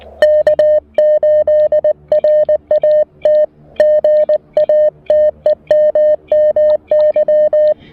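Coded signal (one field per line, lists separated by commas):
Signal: Morse code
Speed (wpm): 19 wpm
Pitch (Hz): 590 Hz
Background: music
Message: K8RAT GA TEMMY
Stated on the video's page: Parks on the Air activation using a Mountain Topper MTR-4B V2 QRP rig, operating on 40 meters among other bands; radio audio is loud.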